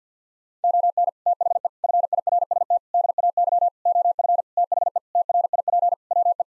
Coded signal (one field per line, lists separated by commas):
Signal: Morse code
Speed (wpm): 50 wpm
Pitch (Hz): 700 Hz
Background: none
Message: ON THE FIRST DAY OF THE TRIP WE